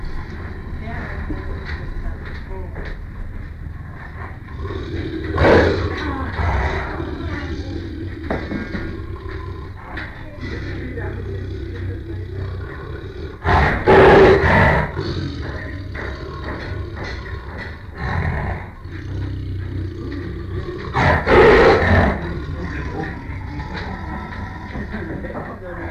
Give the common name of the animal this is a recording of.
Tiger